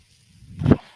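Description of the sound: A single brief whoosh of air swells over a few tenths of a second and quickly fades. It has a low rumbling body with some airy hiss on top. This is the sound of a home mechanical ventilator delivering a breath to the person using it.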